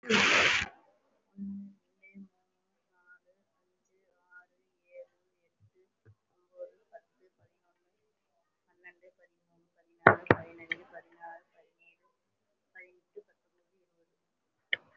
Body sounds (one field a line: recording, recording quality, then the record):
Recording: counting at a normal pace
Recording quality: moderate, slight background noise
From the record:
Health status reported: respiratory illness, not identified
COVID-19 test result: not tested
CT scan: not taken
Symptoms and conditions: breathing difficulty, another respiratory illness, hypertension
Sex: female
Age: 61 years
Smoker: no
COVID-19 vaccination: none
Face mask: worn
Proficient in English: no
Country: India